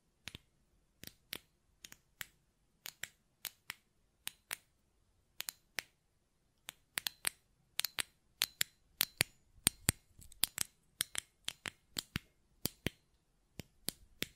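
Sharp button clicks and taps repeat throughout, each a crisp, bright snap with a quick decay. They come in loose pairs and small clusters, roughly two or three per second, bunching more densely around the middle. A faint low hum sits underneath.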